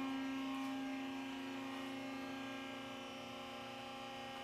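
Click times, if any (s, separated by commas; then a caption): none. A Titan SL-6600 mid-rise scissor car lift rises under hydraulic power, giving a steady, slowly fading motor hum with strong tonal harmonics. The steel safety latch pawl has not yet clicked into the first lock position on the lift's lock rack; nothing has seated yet.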